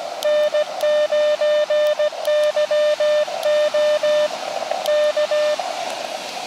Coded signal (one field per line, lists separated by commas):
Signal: Morse code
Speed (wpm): 16 wpm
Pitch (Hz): 600 Hz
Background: none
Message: N9YO K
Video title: Beach QRP Ham Radio CW QSO SUCCESS! ~ Long Wire QSO!